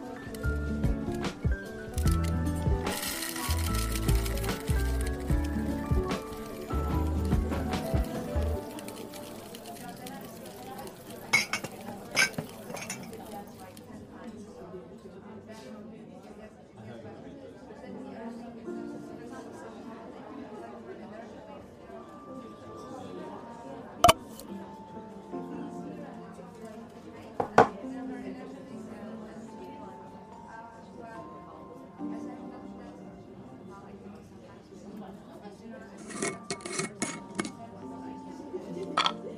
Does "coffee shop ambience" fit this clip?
yes